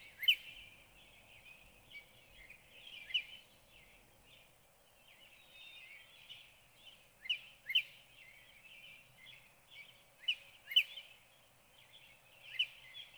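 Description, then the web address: Northern cardinal song: repeated downslurred whistled notes, some bright and sharp, others softer and blurred. "birdsongforthecurious Northern Cardinal"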